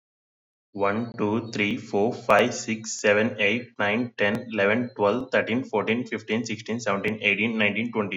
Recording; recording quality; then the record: counting at a fast pace; excellent, no background noise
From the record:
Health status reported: COVID-19 positive, mild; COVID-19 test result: positive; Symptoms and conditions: cough, cold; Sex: male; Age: 26 years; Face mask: not worn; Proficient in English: yes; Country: India